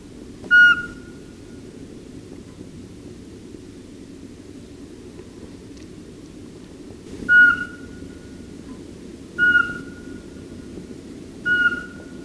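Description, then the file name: Eurasian Pygmy Owl whistling single piping notes, one early then a long pause before three more about two seconds apart, with low rumbling background noise. "VARPUSPOLLO"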